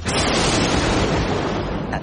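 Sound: thunder crash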